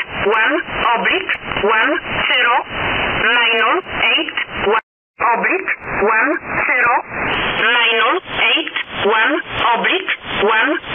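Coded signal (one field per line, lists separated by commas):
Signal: numbers station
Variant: E11a, English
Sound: a voice reading steadily over a narrow radio channel, with one brief dropout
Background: radio static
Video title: Numbers Station E11a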